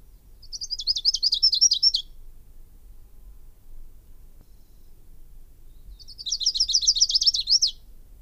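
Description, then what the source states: Lucy's warbler song: two fast, high buzzy trills of rapidly repeated notes, each lasting under two seconds, separated by about four seconds of quiet with low rumble. Recorded in 1997.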